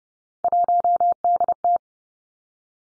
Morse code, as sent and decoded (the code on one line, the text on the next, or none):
.---- -.. -
1DT